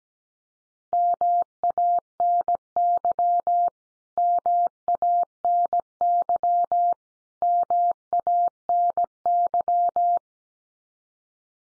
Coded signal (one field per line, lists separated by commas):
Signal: Morse code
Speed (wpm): 17 wpm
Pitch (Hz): 700 Hz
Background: none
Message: MANY MANY MANY